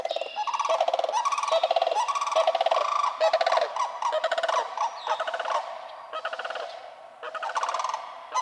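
Sandhill cranes calling almost continuously, loud rolling rattles and bugles in quick succession.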